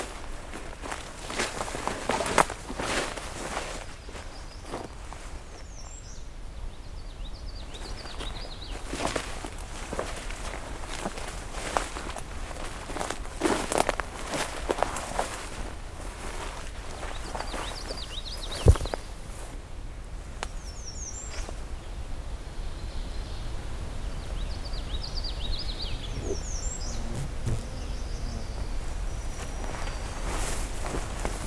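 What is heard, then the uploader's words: Henhoeffer Park East: irregular footstep-like crunches through the first twenty seconds over a steady low rumble, with faint bird chirps scattered throughout. Henhoeffer Park East. I return to Henhoeffer Park, except this time taking the east trail, about 1km away from the previous recording location. Songbirding was recorded, engineered, narrated and created by Rob Porter.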